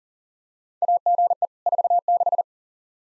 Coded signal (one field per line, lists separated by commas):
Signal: Morse code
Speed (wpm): 40 wpm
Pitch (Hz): 700 Hz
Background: none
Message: AGE 46